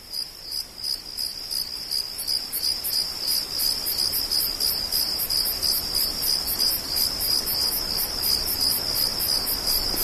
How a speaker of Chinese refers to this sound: 怀念蛐蛐和蟋蟀的叫声吗？那是童年和生活的一个伴奏，也许你还特地买过来一只挂在你家里或者是怀里听着，也仿佛只有听它们叫的时候你才容易睡着，那是属于短暂夏天最美的声音和回忆。